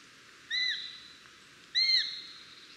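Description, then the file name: Eurasian sparrowhawk calling with two short, high, arched notes about a second apart, each with a faint trailing ring, over a low background hiss. "sperwer"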